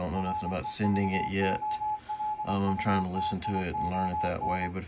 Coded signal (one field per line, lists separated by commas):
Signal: Morse code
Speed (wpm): 25 wpm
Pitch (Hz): 850 Hz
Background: speech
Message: REVOLUTION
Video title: MFJ-464 CW Keyer/Reader Decoding issue with Icom-7300 and Decoding of W1AW Freq on 40M